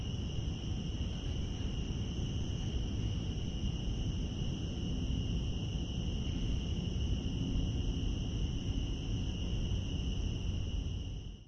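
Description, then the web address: Cicadas in a steady, unbroken high droning chorus with a second, higher band above it, over a constant low rumble. Cicadas in Central Park, outdoors. "Sound Effects-Lynne Music Central-Park-Cicadas"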